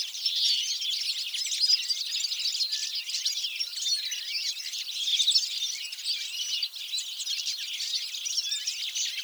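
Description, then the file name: European goldfinch song: many bright, liquid twittering notes overlap into an unbroken high chatter. "Carduelis carduelis"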